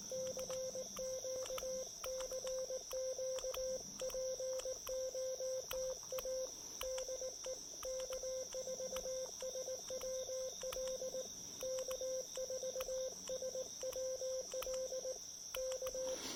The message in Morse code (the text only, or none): CQCQPOTA DE K4SWL K4SWL K